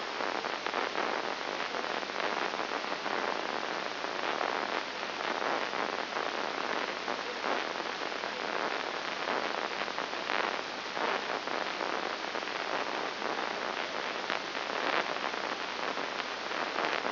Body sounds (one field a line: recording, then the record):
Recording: brain microelectrode recording played as sound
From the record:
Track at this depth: inside the subthalamic nucleus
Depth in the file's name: 2.104 mm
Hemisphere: left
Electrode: 3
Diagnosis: Parkinson's disease